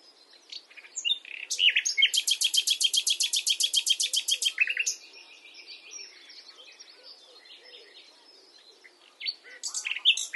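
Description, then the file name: Common nightingale song: a loud, fast series of repeated sharp notes for about three seconds, then a quieter warbling stretch and more bright notes at the end. "Luscinia megarhynchos"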